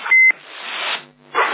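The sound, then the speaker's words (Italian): An electronic ding-dong chime that sounds every hour: a short, bright, steady high tone, then a fainter, lower note a moment later, both over a constant hissy background noise. “Ti volevo far sentire il dindo.”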